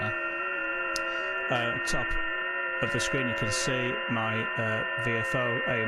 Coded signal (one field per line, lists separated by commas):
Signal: FT8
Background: speech